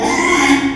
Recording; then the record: squeal of a Yucatan mini pig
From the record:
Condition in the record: after surgery on the right vocal fold (resection and tissue-engineered implant); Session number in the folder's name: 3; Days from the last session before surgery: 33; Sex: male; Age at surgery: 12 weeks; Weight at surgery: 13 kg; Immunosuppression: cyclosporine, prednisolone